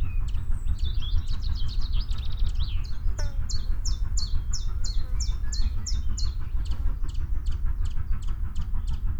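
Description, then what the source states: Common chiffchaff song: after a burst of another bird's twittering, a steady series of high, downslurred notes. Song of an adult bird.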